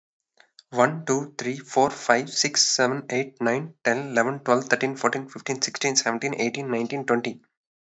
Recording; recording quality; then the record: counting at a fast pace; excellent, no background noise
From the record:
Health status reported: respiratory illness, not identified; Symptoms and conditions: cold, breathing difficulty, sore throat, muscle pain, another respiratory illness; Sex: male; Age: 21 years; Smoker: no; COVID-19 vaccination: both doses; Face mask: worn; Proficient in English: yes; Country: India